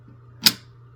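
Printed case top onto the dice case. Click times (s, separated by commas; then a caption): 0.5 s. A 3D printed plastic case top for a spinner dice is started in position and slowly pushed onto the dice case until it snaps into place. Over a steady low hum, a single loud, sharp snap rings out at 0.5 s. The case top is seated.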